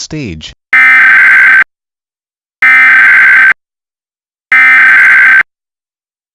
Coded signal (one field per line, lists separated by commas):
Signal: Emergency Alert System (SAME) tones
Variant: header bursts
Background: speech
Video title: EAS Mock #1: Tornado Warning for Fayette County Ohio.